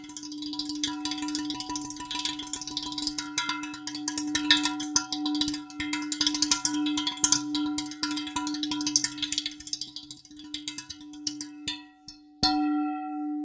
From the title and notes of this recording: Bell Meditation 256. Meditation on metal pan.